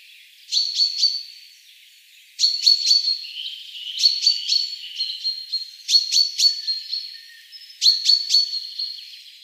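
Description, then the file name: Common chaffinch: bursts of sharp high chips in clusters of three or four, repeated every couple of seconds. "Fringilla coelebs"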